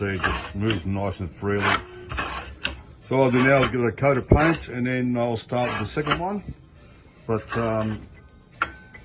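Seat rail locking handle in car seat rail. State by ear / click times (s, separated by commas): seated / 8.6 s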